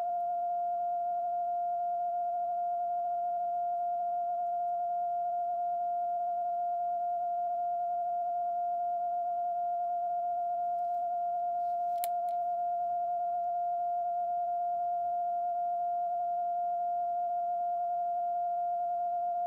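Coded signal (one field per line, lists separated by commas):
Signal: radio time signal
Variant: TDF Allouis carrier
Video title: Time Signal Allouis France 162 Long Wave CW Received In Romford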